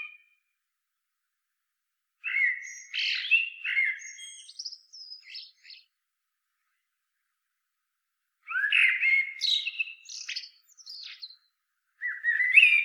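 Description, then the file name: Common blackbird song: two phrases several seconds apart, each opening with mellow warbled notes and trailing off into scattered thin, high squeaks, with a third phrase starting at the end. "Turdus merula"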